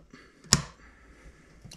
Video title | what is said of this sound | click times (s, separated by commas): Walkthrough a replica build with me | really good snap there that's a positive | 0.5 s